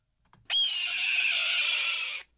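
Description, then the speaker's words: Red-tailed hawk scream, a single long hoarse screech lasting nearly two seconds, harsh and high-pitched. Played-back recording of the call, heard in a radio report. "In case you don't know, that was the call of a red-tailed hawk."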